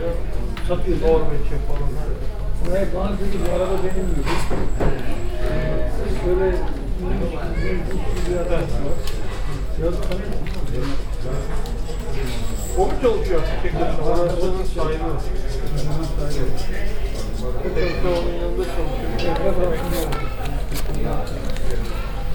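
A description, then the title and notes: A busy second-hand market: many voices talk over one another at once, forming a dense, steady murmur with a few speakers standing out. A low rumble runs underneath throughout, and occasional sharp knocks and clatters break through. Vårberg, Skärholmen, Stockholm, Suède.Loppmarknaden, Lps, record, flea market, second-hand market, vacuum-attics, noise, Binaural, Fostex FR-2LE, MS-TFB-2 microphones. Octobre 2013.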